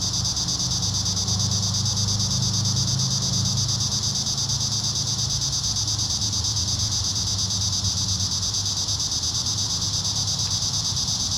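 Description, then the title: Cicadas produce a constant high-pitched buzz with rapid throbbing, accompanied by a low mechanical hum. Several cicadas in a park. "neoscenes: cicadas in the park"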